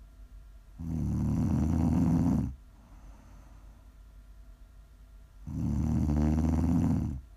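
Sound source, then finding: Adult sleeper. Snoring.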